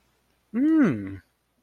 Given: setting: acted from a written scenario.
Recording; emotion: vocal sound without words; interest